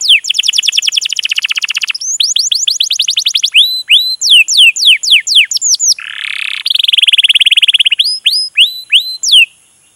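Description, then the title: Canary song with fast trilled runs and sweeping chirps, then a harsh buzzy roll and a final series of spaced upward notes. Lure recording played to prompt canaries to sing, a long continuous energetic (gacor) song used as a master tutor. "PANCINGAN Kenari GACOR PANJANG. Pancingan Gacor Masteran"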